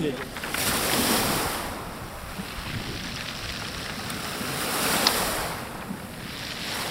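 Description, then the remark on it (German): Sea waves wash steadily onto a pebble beach at Adler, on the Imeretinsky Bay about 30 km from the centre of Sochi, Russia, a constant broad rushing hiss that swells twice as waves surge in and draw back, with some wind rumble underneath and no voices. “Rund 30 Kilometer vom Stadtzentrum entfernt liegt der Ortsteil Adler direkt am Meer.”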